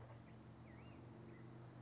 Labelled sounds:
Black-headed Grosbeak (Pheucticus melanocephalus)
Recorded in Sonoma County, California

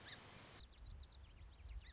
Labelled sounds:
Song Sparrow (Melospiza melodia)
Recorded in Sonoma County, California

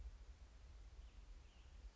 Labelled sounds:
Western Tanager (Piranga ludoviciana)
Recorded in Sonoma County, California

